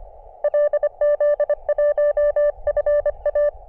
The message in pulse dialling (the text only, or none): none